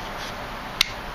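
A Smith & Wesson Model 990 neck knife is pushed back into its composite sheath, which has a built-in whistle. One sharp, bright snap at 0.8 s rises over a quiet, steady background. The knife clicks right in and is seated.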